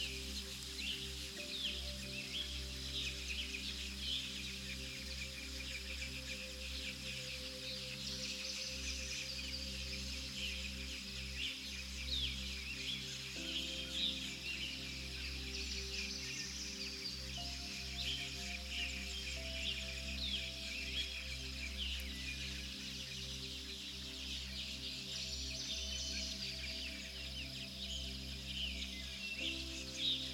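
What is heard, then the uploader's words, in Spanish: Soft rustling trees and light birdsong blend with a gentle melodic tone underneath, sustained notes shifting at about 1, 13 and 17 seconds. The chirping is thin and high, scattered throughout over a steady low hum, and the level stays even for the whole stretch. Los sonidos armoniosos del bosque se encuentran con melodías suaves.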